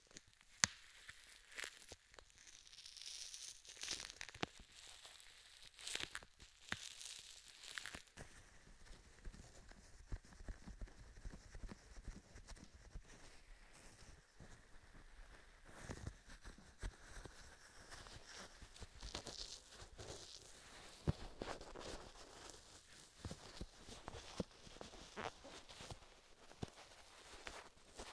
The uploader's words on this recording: ASMR Binaural Triggers Ear to Ear Cupping, Tapping with Gloves (3DIO).